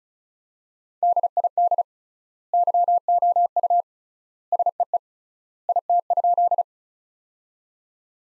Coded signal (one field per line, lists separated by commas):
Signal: Morse code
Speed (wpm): 34 wpm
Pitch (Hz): 700 Hz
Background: none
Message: DID YOU SEE IT?